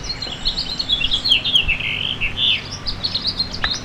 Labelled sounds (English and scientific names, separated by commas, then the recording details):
House Finch (Haemorhous mexicanus) song
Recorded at Moriches on Long Island, New York, on 22 June 2013
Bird B